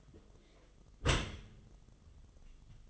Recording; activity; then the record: daily activity, microphone in the room; close dishwasher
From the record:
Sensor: 4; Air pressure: 1005.5 hPa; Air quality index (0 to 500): 108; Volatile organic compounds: 3 ppm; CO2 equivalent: 1351 ppm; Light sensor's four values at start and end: 11/25/10/10 and 11/26/10/10